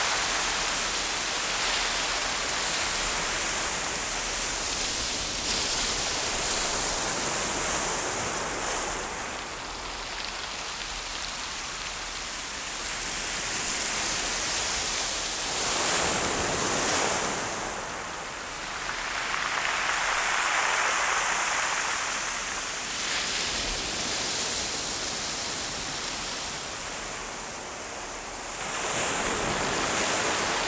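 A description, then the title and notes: A dense, hissing wash like waves dragging over pebbles fills the whole clip, bright and steady with a hiss high up. It swells and eases in slow surges roughly every six to eight seconds, with softer dips near 10, 18 and 27 seconds. WHITE PEBBLES • The White Noise Version of Pebble Beach.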